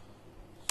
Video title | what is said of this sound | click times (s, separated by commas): DJI Mavic Mini Flymore Combo - sponsored for our World RIDE | इसको ऐसे दबा दीजिए, ऐसे लॉक हो गया। | 0.7 s